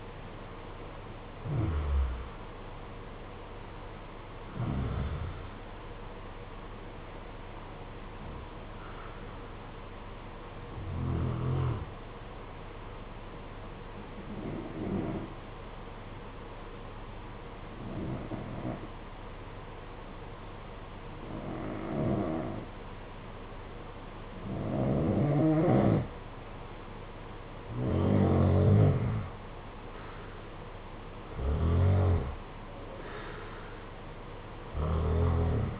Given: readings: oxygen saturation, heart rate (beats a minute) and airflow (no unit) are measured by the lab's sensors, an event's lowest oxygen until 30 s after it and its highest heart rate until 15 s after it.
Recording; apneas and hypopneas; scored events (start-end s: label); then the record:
breathing in sleep by a voice recorder at the bedside; 1
15.00-28.90 s: obstructive apnea (REM, oxygen 95% highest, then 86% lowest, heart rate 62 at the start, 73 highest)
From the record:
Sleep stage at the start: REM sleep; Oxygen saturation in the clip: 68 to 95%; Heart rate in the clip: 62 to 87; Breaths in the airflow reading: 7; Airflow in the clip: -8.2 to 10.6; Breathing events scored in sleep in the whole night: 476 in 9.7 hours asleep